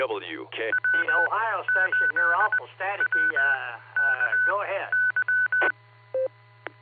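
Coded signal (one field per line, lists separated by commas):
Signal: Morse code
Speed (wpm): 20 wpm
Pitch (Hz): 1500 Hz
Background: speech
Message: W8WKY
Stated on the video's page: Daily 2-meter net on a 147.39 MHz repeater, received on a Flex 6700 with a DownEast Microwave preamp and Mosley 5/8 base antenna.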